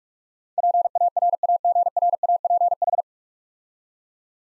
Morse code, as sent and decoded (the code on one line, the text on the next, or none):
.--. .- .-. .- --. .-. .- .--. ....
PARAGRAPH